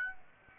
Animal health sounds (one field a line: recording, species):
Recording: mosquito wingbeat signal from an infrared sensor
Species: Aedes aegypti